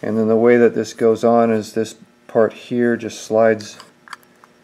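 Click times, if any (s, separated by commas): none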